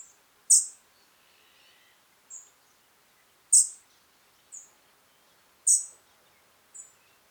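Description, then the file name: European robin calls, loud sharp high ticks alternating with softer short notes, against a quiet background. "Erithacus rubecula"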